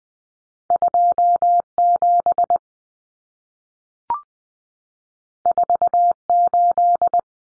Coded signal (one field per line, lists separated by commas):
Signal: Morse code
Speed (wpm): 20 wpm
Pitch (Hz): 700 Hz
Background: none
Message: 27 48